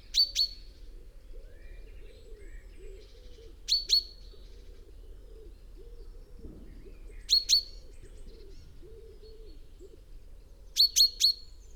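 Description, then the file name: Common chaffinch giving short, sharp double and triple call notes about every three and a half seconds. "Fringilla coelebs"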